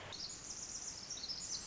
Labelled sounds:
Pacific Wren
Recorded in Sonoma County, California

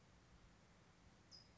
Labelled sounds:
California Towhee
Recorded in Sonoma County, California

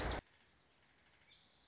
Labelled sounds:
Wilson's Warbler
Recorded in Sonoma County, California

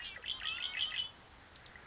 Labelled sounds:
Red-winged Blackbird
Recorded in Sonoma County, California

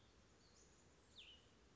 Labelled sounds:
Cassin's Vireo
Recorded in Sonoma County, California

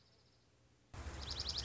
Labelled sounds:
Dark-eyed Junco
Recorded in Sonoma County, California

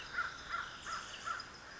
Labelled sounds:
American Crow
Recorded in Sonoma County, California

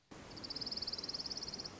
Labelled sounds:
Orange-crowned Warbler
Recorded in Sonoma County, California

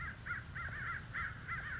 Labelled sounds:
American Crow
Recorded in Sonoma County, California

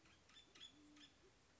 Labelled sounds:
Band-tailed Pigeon
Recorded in Sonoma County, California

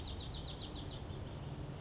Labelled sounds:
Western Flycatcher
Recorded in Sonoma County, California

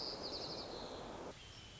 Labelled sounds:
White-crowned Sparrow
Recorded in Sonoma County, California

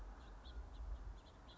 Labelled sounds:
House Finch
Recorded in Sonoma County, California

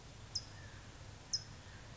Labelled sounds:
California Towhee
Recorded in Sonoma County, California

